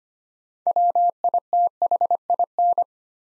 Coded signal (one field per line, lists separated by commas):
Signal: Morse code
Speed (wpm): 25 wpm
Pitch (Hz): 700 Hz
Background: none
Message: WITHIN